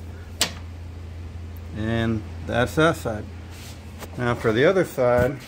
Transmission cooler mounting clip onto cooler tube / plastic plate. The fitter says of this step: and push it over until it clicks into place